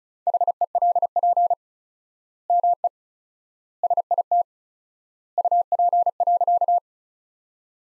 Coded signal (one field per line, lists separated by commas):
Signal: Morse code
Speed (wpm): 36 wpm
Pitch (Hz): 700 Hz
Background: none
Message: HELP ME SIT UP.